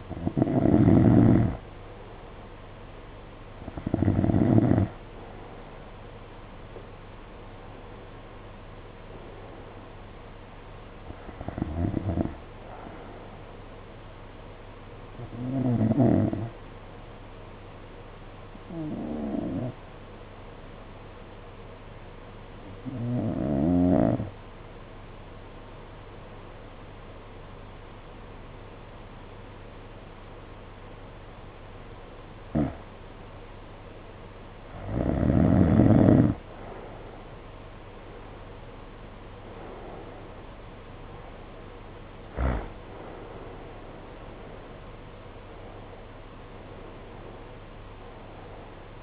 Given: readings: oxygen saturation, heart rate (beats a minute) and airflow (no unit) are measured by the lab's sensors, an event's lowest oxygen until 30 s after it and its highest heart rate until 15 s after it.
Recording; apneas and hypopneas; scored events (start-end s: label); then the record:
breathing in sleep by a voice recorder at the bedside; 1
13.00-43.00 s: new sleep stage, N2 (light sleep)
16.00-34.50 s: hypopnea (N2, oxygen 93% highest, then 85% lowest, heart rate 52 at the start, 68 highest)
43.00-49.03 s: new sleep stage, N1 (lightest sleep)
From the record:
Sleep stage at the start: N1 (lightest sleep); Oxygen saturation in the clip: 87 to 93%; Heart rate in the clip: 51 to 68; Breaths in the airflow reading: 13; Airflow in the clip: -8.8 to 8.0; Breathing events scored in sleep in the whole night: 476 in 9.7 hours asleep